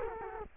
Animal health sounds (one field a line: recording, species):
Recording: mosquito wingbeat signal from an infrared sensor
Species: Culex quinquefasciatus